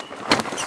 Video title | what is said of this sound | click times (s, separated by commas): (SOMETHING BAD IS GOING TO HAPPEN!) SCARIEST NIGHT CAMPING ALONE IN HAUNTED MURDERER FOREST | Kind of just snaps into place really. | 0.3 s